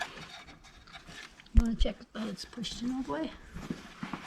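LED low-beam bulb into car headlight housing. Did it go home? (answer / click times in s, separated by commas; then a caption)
no / none. An LED low-beam bulb with three unevenly spaced lugs is being handled at the plastic headlight housing of a 2016 Honda Accord to check that it is pushed in all the way. Someone talks over faint handling noises, and nothing has seated or clicked yet.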